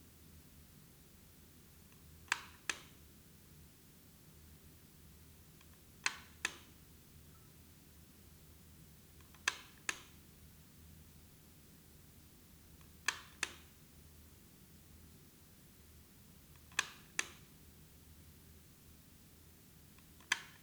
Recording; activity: daily activity, guitar pickup as the sensor; operate light